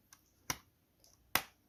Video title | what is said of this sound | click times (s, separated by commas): ASUS TUF GAMING F15 (506HM) Disassembly & cleaning & Samsung 980PRO 1TB Upgrade | until you hear a little click and that'll be the washer loose | 1.4 s